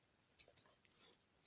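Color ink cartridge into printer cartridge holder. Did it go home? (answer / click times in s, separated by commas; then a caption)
no / none. A color FINE ink cartridge for a Canon Pixma TS302 printer is being inserted at a slight upward angle into the left cartridge holder and pushed in firmly. Faint handling scrapes and small taps are heard, with a sharp tick near 0.4 s and brief tiny transients near 0.9 s and 1.5 s, but nothing has seated or clicked yet.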